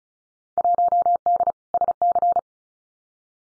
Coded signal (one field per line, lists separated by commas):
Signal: Morse code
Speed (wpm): 36 wpm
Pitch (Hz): 700 Hz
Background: none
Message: 1D SC